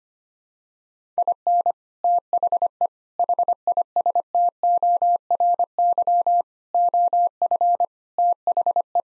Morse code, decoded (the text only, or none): IN THE HISTORY OF THE